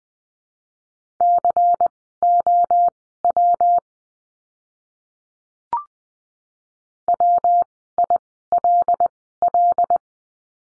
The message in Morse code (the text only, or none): COW WILL